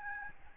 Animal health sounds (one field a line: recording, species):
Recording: mosquito wingbeat signal from an infrared sensor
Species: Aedes albopictus